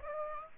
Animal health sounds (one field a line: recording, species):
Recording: mosquito wingbeat signal from an infrared sensor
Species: Aedes aegypti